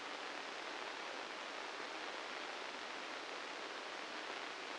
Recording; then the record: brain microelectrode recording played as sound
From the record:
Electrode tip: inside the subthalamic nucleus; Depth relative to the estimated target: -2 mm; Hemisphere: left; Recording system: NeuroSet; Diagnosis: Parkinson's disease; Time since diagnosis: 13 years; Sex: male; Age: 65 years